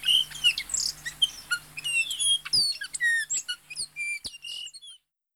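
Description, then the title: Bay-winged cowbird song: a rapid jumble of squeaky, whistled and slurred notes, mostly high-pitched, tumbling over one another for about five seconds, with a faint low hum beneath. Lives in small groups of 7 or 8 birds, separating only when breeding; groups are often heard singing together, sounding like an orchestra tuning its instruments, hence the common name. "Museo de Ciencias de Bahía Blanca - PdA - Tordo Músico"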